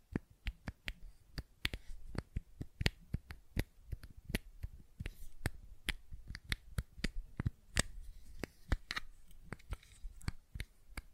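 Fidget cube tapping and clicking: sharp, crisp clicks come in a quick, fairly steady stream, about two to three per second across the whole clip. Each click is short and bright, with a few louder snaps standing out, over a quiet, faintly rustling background.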